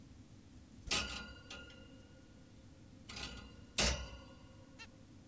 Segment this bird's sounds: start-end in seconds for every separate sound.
4.80-4.86